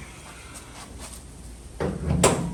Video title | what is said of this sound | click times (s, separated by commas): Restoring My Stolen Integra GSR: Mocking Up A New Front End! | Oh, y'all heard that thing clicked right in. | 2.2 s